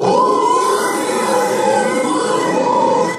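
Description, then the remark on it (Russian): Monsters screeching together in a tunnel, the cries echoing off the tunnel walls: a loud, dense, continuous wall of shrill cries with sustained tonal wails, holding steady for about three seconds before cutting off abruptly. “Визг монстров резанул по ушам.”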